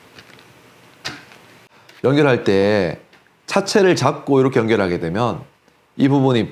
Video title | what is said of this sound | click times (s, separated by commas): 아두이노 자동차 만들기 | 연결하면 연결이 딱 하고 소리가 나면서 연결이 됩니다. 연결시켜 볼게요. | 1.1 s